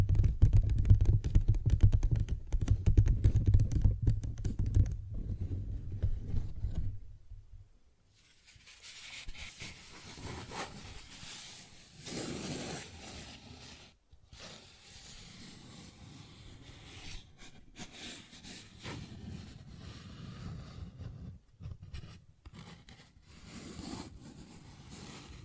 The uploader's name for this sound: Paper Bag Tapping and Scratching Sounds